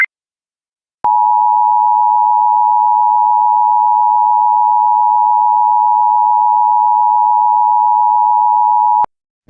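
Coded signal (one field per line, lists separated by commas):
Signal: Emergency Alert System (SAME) tones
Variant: 853 and 960 Hz attention tone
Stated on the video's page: Real Washington statewide AMBER Alert and its cancelation message.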